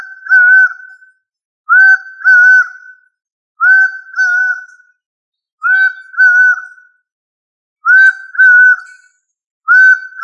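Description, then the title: Bird calling in loud nasal double notes, each pair repeated roughly every two seconds in a steady series. "LuckyPassaro Completos2Sama"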